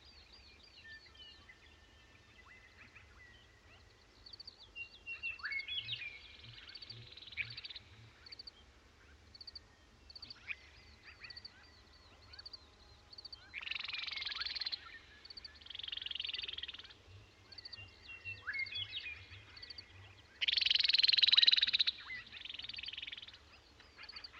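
Pipestone Canyon in Eastern Washington: a steady low rumble runs underneath while quick, high chirps and trills from small birds or insects sound throughout. Louder buzzy, hissing bursts break in around 14, 16 and 21 seconds, the last the strongest.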